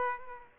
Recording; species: mosquito wingbeat signal from an infrared sensor; Aedes aegypti